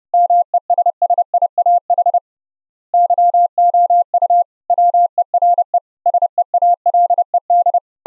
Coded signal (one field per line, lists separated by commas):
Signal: Morse code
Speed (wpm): 31 wpm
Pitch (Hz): 700 Hz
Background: none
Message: MESSIAH YOU WERE SEALED